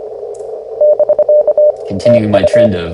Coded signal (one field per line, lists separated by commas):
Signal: Morse code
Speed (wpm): 24 wpm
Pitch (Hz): 600 Hz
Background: speech, radio noise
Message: <BK> TU